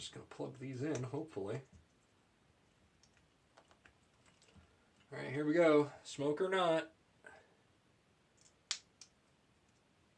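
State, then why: Seated. A battery/power connector is plugged into the motor controller wiring of a one-wheel electric bike trailer to power it up for a first test. Someone talks, then a single sharp click sounds at 8.7 s, followed by a fainter tick just after. The connector is confirmed seated, though the click could be either the plug seating or the controller switching on.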